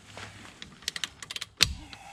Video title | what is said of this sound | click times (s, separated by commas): CHEVY IMPALA 09 TO 11 WHEEL SPEED SENSOR FIX | um and you guys as you know when you hear the click you know you're at your torque specs | 1.6 s